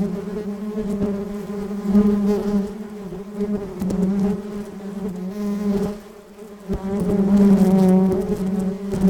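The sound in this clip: Bee buzzing as a continuous low hum that rises and falls in loudness, briefly softening partway through before returning strongly, with occasional soft ticks.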